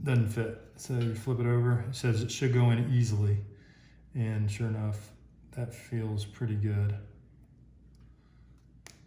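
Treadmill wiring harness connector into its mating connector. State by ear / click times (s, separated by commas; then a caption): seated / 8.9 s. A plastic wiring harness connector on a NordicTrack x11i treadmill is flipped over after it doesn't fit and pushed into its mating connector while someone talks. After a quiet pause, it snaps into place with a sharp click at 8.9 seconds.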